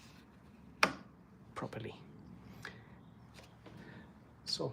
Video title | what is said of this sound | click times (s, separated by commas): Servicing 2012 Volkswagen Polo 1.4 GT Bluemotion | you will hear it clicking once it's shut properly. | 0.8 s